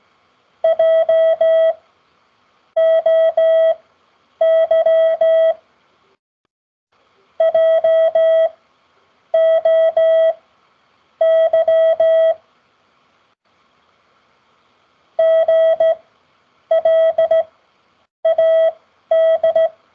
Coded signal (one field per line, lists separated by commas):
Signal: Morse code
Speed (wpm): 17 wpm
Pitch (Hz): 650 Hz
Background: none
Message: JOY JOY GLAD